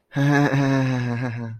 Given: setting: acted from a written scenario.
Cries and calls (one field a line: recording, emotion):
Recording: vocal sound without words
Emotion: embarrassment